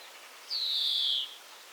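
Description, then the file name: European greenfinch giving a single sustained, slightly descending whistled note lasting under a second over faint background hiss. "Chloris chloris"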